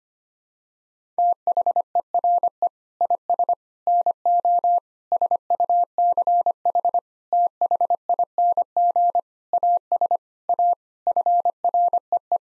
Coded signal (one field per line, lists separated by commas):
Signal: Morse code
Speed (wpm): 25 wpm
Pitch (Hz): 700 Hz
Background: none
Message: THERE IS NO SUCH THING AS A FREE